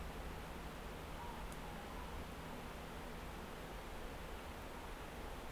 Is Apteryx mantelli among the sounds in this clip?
no